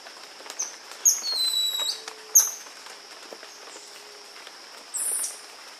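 Golden lion tamarin making a few high, thin whistles separated by pauses.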